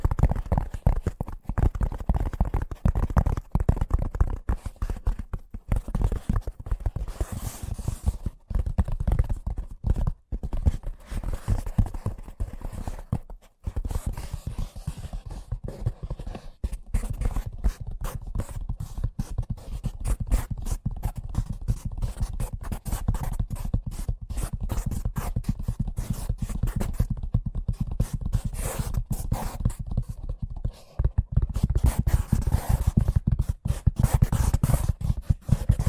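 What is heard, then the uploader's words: Fast tapping runs for the whole clip, dense rapid strikes packed closely together with a dull, low body and a brighter clicky edge. The pace stays quick and mostly steady, with a few brief pauses near 5, 10 and 13 seconds, and again near 31 seconds. ASMR Braingasm Inducing Fast Tapping (No Talking).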